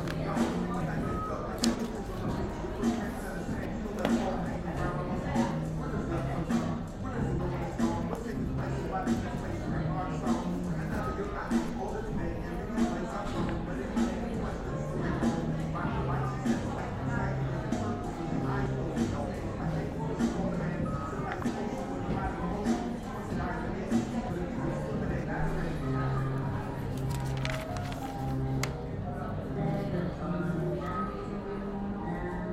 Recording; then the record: background sound without coughing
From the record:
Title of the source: 60 minutes of coffee shop sounds for study and concentration